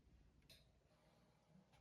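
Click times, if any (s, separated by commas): none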